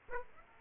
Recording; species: mosquito wingbeat signal from an infrared sensor; Aedes aegypti